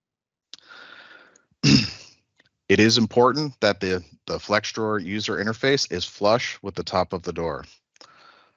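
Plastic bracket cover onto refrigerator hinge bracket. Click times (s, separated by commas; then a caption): 0.5 s. A plastic cover is pressed over the hinge bracket of a built-in refrigerator door, after a flat-blade screwdriver twist opened the tab spacing, and it snaps into place with one strong, sharp click at 0.5 s. Someone talks through most of the rest of the clip.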